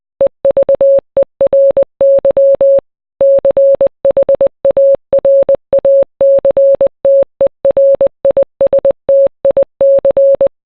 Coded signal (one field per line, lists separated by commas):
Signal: Morse code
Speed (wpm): 20 wpm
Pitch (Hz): 550 Hz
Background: none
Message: EVERY CHARACTERISTIC